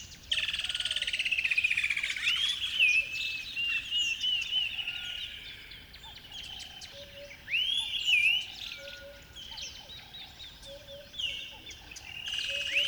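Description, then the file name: Many birds singing together, swooping whistles over a busy wash of song, while a short low note repeats several times. River bed at dawn; a noisy chorus of many birds. "river bed dawn birds bedlam"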